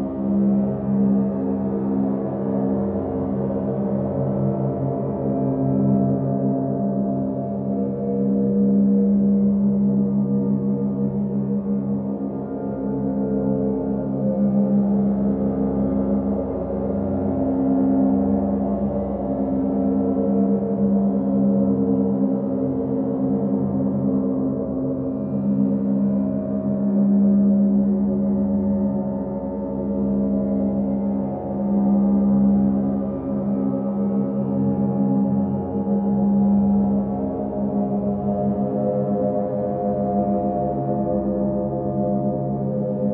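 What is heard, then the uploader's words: An electronic bass drone holds steady for the whole clip, a dense stack of low, sustained tones with a slow wavering swell and fade. The sound is dark, with little above the midrange, and it shimmers faintly like a struck gong. Bass Drone. An electronic sequence, sounds created in Pure data, panned to the left.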